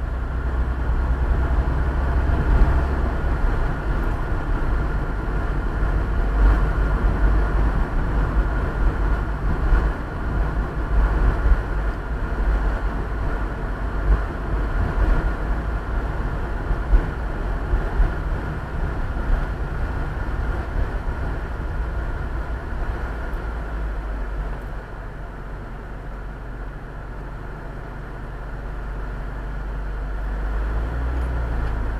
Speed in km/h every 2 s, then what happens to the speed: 35, 38, 39, 39, 40, 41, 40, 39, 35, 28, 23, 16, 5, 0, 0, 0.
0-14 steady at about 39. 14-25 brakes to 0. 25-32 standing.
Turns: none.